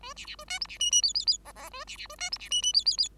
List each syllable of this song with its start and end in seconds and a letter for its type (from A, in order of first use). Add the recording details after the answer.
0.01-0.14 A, 0.16-0.26 B, 0.26-0.36 B, 0.38-0.45 A, 0.48-0.59 C, 0.61-0.67 D, 0.68-0.78 B, 0.80-0.91 E, 0.91-1.02 E, 1.02-1.13 F, 1.14-1.25 F, 1.26-1.37 F, 1.45-1.52 G, 1.55-1.70 G, 1.71-1.84 A, 1.87-1.97 B, 1.97-2.07 B, 2.09-2.16 A, 2.18-2.30 C, 2.31-2.38 D, 2.39-2.49 B, 2.50-2.62 E, 2.62-2.73 E, 2.73-2.84 F, 2.85-2.97 F, 2.98-3.08 F. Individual Bird5